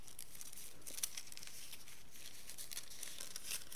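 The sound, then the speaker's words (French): Very thin 23-carat gold leaf on tissue paper being laid down: a soft, steady papery crinkling and rustling, high and hissy, with a few tiny crisp ticks, faint and unbroken by any voice. “Alors là, je vais poser la feuille d'or.”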